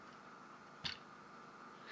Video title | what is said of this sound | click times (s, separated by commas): Transformers Generations Voyager Class Springer - GotBot True Review NUMBER 75 | and that slot needs to go over that tab doesn't lock in fantastically um | 0.9 s